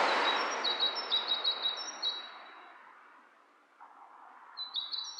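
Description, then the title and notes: Bird calls in a rapid, high chattering series that fades after two seconds, a brief burst returning at the end, over a broad hiss that is loudest at the start. Two birds interacting; lo-fi recording. "bird dialogs. lo-fi recording of two birds interacting"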